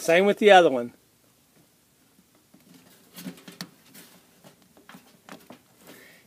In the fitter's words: I heard them snap okay now we're going to get ready we're going to start this bad boy up